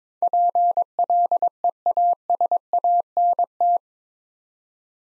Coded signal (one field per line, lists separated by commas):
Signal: Morse code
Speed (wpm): 22 wpm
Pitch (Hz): 700 Hz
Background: none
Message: PLEASANT